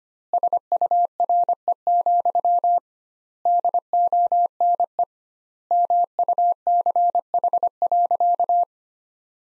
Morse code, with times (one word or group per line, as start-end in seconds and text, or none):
0.3-2.8 SURE,
3.5-5.0 DONE
5.7-8.6 MUCH.